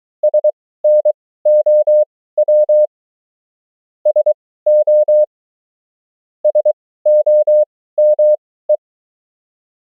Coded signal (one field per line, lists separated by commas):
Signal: Morse code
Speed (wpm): 23 wpm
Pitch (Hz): 600 Hz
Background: none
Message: SNOW SO SOME